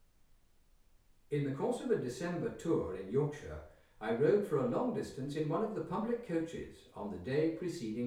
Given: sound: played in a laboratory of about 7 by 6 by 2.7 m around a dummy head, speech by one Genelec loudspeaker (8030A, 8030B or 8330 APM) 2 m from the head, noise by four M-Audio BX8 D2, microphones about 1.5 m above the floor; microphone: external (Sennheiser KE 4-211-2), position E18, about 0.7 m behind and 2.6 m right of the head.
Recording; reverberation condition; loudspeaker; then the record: male speech in English; medium; 60 degrees to the left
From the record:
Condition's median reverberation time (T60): about 510 ms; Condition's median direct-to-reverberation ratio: about -0.5 dB